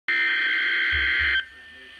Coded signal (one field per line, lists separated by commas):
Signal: Emergency Alert System (SAME) tones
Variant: header bursts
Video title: EAS Severe Thunderstorm Warning 4-26-2016